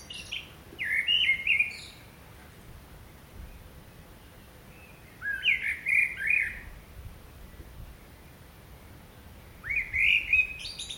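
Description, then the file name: Common blackbird delivering three rich, mellow fluted phrases, spaced roughly four to five seconds apart, with quiet gaps between. "Turdus merula"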